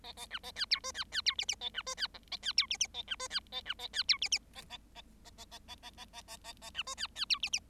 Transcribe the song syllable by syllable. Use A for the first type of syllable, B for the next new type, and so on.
A A B A C D E C C D F F A B E C G A C D F F A B E C A B A C D F F A A A A A A A A A A A A A B E C C D F F